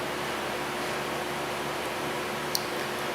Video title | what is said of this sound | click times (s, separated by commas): Chevrolet Malibu Gas Gauge Does Not Work | They only click in one way. They'll go in both ways, but they'll only latch one direction. | 2.6 s